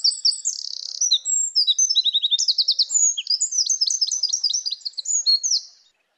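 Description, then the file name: Eurasian wren singing a vigorous, very high torrent of chipping notes and dry trills, pouring out for nearly six seconds before stopping abruptly. "Troglodytes troglodytes"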